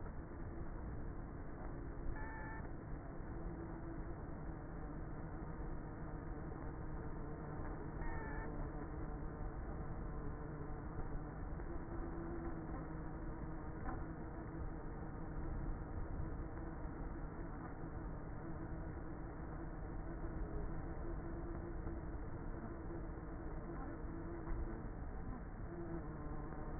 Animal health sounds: honeybee colony, microphone inside the hive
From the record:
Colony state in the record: queenless with a low population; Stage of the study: before two queens were removed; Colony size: about 30,000 bees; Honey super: no

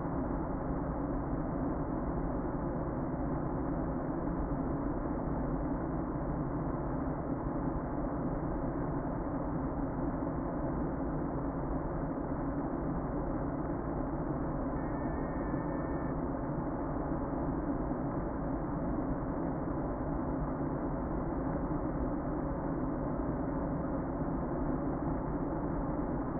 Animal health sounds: honeybee colony, microphone inside the hive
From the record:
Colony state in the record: queen present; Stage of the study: before two queens were removed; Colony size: about 60,000 bees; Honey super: yes

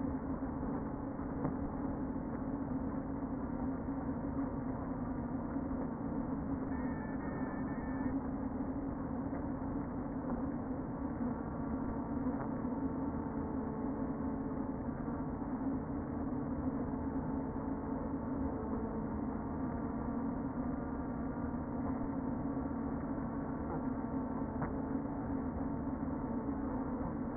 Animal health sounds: honeybee colony, microphone inside the hive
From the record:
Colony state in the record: queen present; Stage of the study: before two queens were removed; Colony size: about 60,000 bees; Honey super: yes

